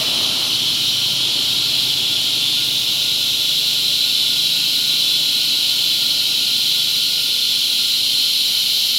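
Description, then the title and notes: Cicada chorus, a steady loud high-pitched hiss that holds without a break through the whole nine seconds, with a faint thin tone underneath. Cicadas mating, recorded in La Convención, Peru. "Apareamiento De Cigarras La Convención Peru by Alejandro Cornejo Montibeller"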